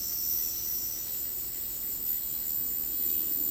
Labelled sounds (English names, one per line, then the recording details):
none
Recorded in dense forest near Puerto Asís, Putumayo, Colombia, on 19 February 2024 at 10:30
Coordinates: 0.499, -76.324
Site G6469